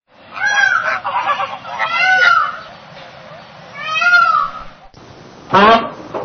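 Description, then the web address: Indian peafowl giving loud, nasal, meowing calls three times over a rough background hiss, with a brief harsh burst near the end. "cotor. Common Peafowl"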